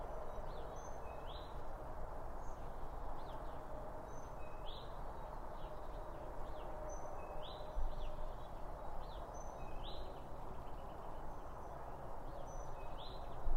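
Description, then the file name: Birds giving rising whistled calls repeated many times, mixed with faint high ticks, against a continuous low rumble. Birds around a bird feeder, recorded with two Line Audio OM1 microphones. "Birds Around Birdfeeding With Two Om 1 From Line Audio"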